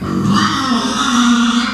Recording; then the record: squeal of a Yucatan mini pig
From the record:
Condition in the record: after surgery on the right vocal fold (resection and tissue-engineered implant); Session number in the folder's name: 14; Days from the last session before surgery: 133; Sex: female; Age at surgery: 19 weeks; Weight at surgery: 25 kg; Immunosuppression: prednisolone